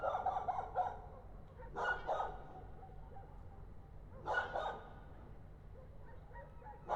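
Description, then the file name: Dog barking: sharp barks, several in quick pairs, spread unevenly throughout over a low steady hum. More than one dog. "Eruido 2023 Dogs"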